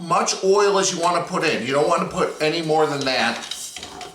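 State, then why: Not seated. Someone talks while handling the magnetic breakaway power cord plug of a Presto GranPappy Electric Deep Fryer near the socket on the fryer body, a plug that clicks in and detaches immediately if bumped, which suits a fryer with hot oil. A couple of brief soft knocks are heard around 3.8 seconds, but nothing has seated or clicked yet when the clip ends.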